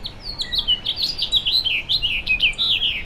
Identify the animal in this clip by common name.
House Finch